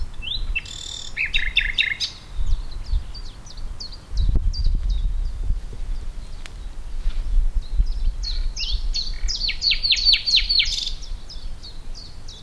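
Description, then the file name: Common nightingale singing brisk trilled phrases early and a longer run of rapid repeated notes later, with many short high notes between, over low background noise. "Luscinia megarhynchos"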